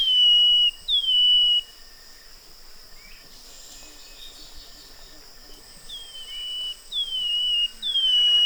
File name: Brown headed greenlet